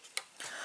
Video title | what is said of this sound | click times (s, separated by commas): construisez votre R2D2 de star wars N°34 | Ça s'emboîte bien. | 0.2 s